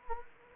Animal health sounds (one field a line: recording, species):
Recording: mosquito wingbeat signal from an infrared sensor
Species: Anopheles gambiae